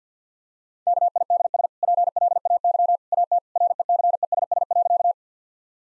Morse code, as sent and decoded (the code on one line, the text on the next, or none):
-.- .. -.. ... / .--. .-.. .- -.-- / .- - / .-. . -.-. . ... ... .-.-.-
KIDS PLAY AT RECESS.